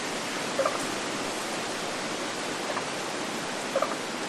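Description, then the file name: Scarlet-sided pobblebonk giving short hollow bonking notes, the clearest near the start and near the end with a faint one between, over steady rushing wind in the canopy. Close call recorded in spring in rainforest in Queensland, Australia, with wind in the tree canopy. "zapsplat. scarlet sided pobblebonk call close spring qld australia"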